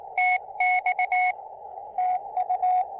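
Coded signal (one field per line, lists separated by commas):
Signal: Morse code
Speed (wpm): 19 wpm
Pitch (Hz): 730 Hz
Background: radio noise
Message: TX TU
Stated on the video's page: Morse sent with a TinyPaddle during a POTA park activation.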